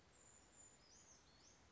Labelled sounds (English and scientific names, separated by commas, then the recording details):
Brown Creeper (Certhia americana)
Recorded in Sonoma County, California